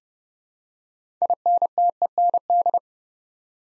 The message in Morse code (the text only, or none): INTEND